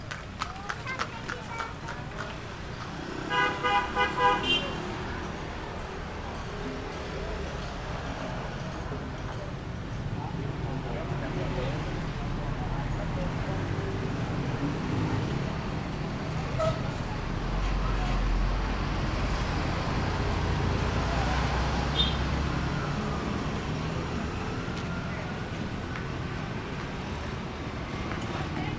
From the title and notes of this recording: Small street in Yogyakarta. Recorded in the outskirts of Jakarta. Three drummers playing in the small street. Motorbikes and cars passing.